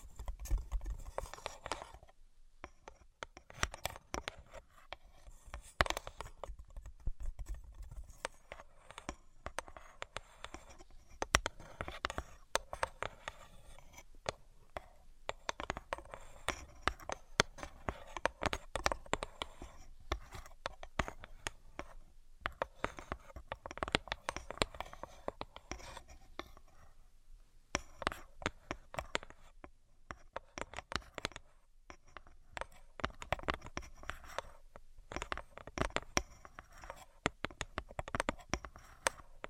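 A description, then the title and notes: Tapping runs through the whole 40 seconds in dense, uneven bursts of sharp clicks and knocks, with short pauses between clusters. The taps are bright and crisp, some louder than others, with a soft low rumble underneath and no steady rhythm. ASMR Brain Penetrating 3D Tapping (No Talking).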